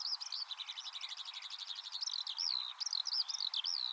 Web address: cianscape birddata Deverinetal 2025 File origin Bird Only Al Ar